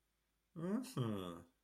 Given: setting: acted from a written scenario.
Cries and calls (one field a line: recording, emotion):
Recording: vocal sound without words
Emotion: interest